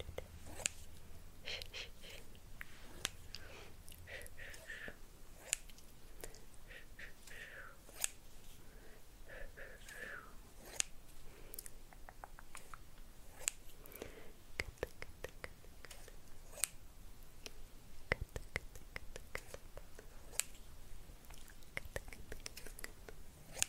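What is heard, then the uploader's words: Hand sounds with scissors: quick dry clicks and snips arrive in irregular bursts across the whole stretch, with sharp bright ticks about every two to three seconds. Softer rustling and brushing fills the gaps, and a faint low hum sits underneath. ASMR host-Negative Energy Removal with Scissors Hand Movements, Hand Sounds and Minimal Talking.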